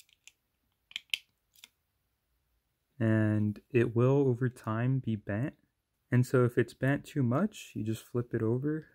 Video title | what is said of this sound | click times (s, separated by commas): Minecraft Dispenser: Mechanical | and it just pops into place of the base right there | 1.1 s